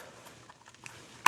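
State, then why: Seated. A plastic part, likely a propeller guard, is pushed into the slots at the end of the plastic wing arm of a Plegble 4K camera drone; it slots in, then needs a firm push. Faint small ticks and scrapes come first, then a sharp, loud click at 1.3 s. The guard is seated nice and tight.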